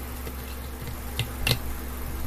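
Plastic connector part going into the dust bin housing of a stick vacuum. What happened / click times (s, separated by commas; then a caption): Plastic part handled and pressed in; a sharp click at 1.5 s could be mistaken for seating / none. A plastic snap-fit part of the dust bin power connector assembly on a Dyson SV03 V6 stick vacuum is handled while being pressed back into its housing. Quiet handling noise runs throughout, with a faint tap near 1.2 s and a brief sharp tap at 1.5 s. The clip ends before the part goes home, so nothing has seated or clicked yet.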